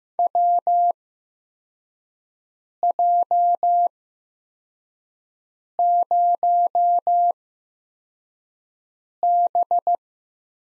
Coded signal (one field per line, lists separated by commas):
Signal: Morse code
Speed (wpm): 15 wpm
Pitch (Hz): 700 Hz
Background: none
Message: WJ0B